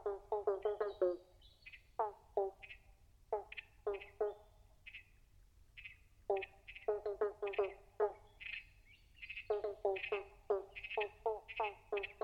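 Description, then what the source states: Pobblebonk frogs chorusing, bursts of low hollow bonks in clusters, with scattered higher chirping calls between them. Chorus of several frogs.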